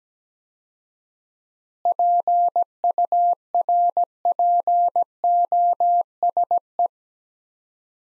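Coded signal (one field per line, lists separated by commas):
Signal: Morse code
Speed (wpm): 17 wpm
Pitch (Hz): 700 Hz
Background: none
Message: PURPOSE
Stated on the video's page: Morse practice sending sets of five words at 17 wpm with 4x word spacing, a Farnsworth-like method applied to words.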